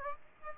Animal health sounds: mosquito wingbeat signal from an infrared sensor; Aedes aegypti

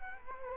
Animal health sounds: mosquito wingbeat signal from an infrared sensor; Culex quinquefasciatus

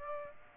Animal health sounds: mosquito wingbeat signal from an infrared sensor; Aedes aegypti

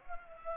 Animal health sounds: mosquito wingbeat signal from an infrared sensor; Culex pipiens

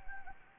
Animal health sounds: mosquito wingbeat signal from an infrared sensor; Anopheles gambiae

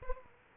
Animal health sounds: mosquito wingbeat signal from an infrared sensor; Aedes aegypti

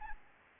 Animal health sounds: mosquito wingbeat signal from an infrared sensor; Anopheles arabiensis

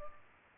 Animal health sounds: mosquito wingbeat signal from an infrared sensor; Culex pipiens

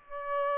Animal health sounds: mosquito wingbeat signal from an infrared sensor; Aedes aegypti

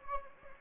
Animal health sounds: mosquito wingbeat signal from an infrared sensor; Anopheles gambiae

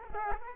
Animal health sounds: mosquito wingbeat signal from an infrared sensor; Culex quinquefasciatus

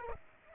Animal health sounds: mosquito wingbeat signal from an infrared sensor; Aedes aegypti

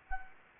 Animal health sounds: mosquito wingbeat signal from an infrared sensor; Anopheles gambiae

